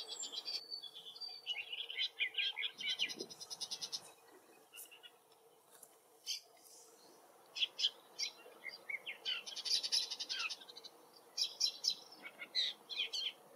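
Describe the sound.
Woodchat shrike singing a long, varied, scratchy medley of buzzy notes and chattering warbles in short bursts, with occasional low knocks in the background.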